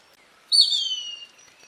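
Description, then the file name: Plumbeous kite making a single piercing whistle that starts high and glides down in pitch over under a second, with quiet ambient sound around it. "Canto do Sovi"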